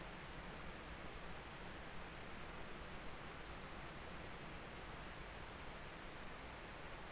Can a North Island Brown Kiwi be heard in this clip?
no